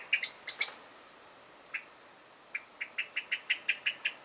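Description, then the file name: Common blackbird: a few loud, sharp chinks, then a quieter, steady series of softer ticking notes. "Turdus merula"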